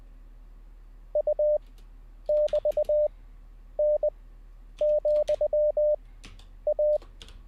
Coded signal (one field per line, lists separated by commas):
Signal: Morse code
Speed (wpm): 20 wpm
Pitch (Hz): 600 Hz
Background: none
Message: U<BT>N,A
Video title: How To Learn Morse Code LIVE with N0SSC (Day 11)